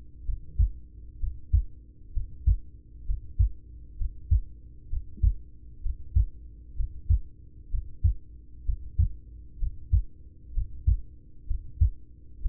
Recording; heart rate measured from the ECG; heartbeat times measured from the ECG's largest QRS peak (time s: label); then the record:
heart sounds by stethoscope; 64 bpm
0.22 s: heartbeat
1.16 s: heartbeat
2.10 s: heartbeat
3.02 s: heartbeat
3.94 s: heartbeat
4.86 s: heartbeat
5.79 s: heartbeat
6.73 s: heartbeat
7.67 s: heartbeat
8.62 s: heartbeat
9.55 s: heartbeat
10.50 s: heartbeat
11.44 s: heartbeat
12.38 s: heartbeat
From the record:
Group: heart failure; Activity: breath hold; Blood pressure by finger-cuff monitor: 75/47 mmHg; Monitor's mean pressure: 56 mmHg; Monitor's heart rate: 64 bpm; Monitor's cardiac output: 4.7 L/min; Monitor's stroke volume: 74 mL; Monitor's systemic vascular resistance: 810 dyn s/cm5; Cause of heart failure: ischemic heart disease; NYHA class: 1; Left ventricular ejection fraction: 33%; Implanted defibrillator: present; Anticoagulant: apixaban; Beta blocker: carvedilol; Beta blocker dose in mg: 18.75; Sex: male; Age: 39 years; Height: 168 cm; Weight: 72 kg